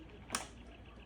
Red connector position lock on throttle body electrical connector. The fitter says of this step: You'll hear the snap.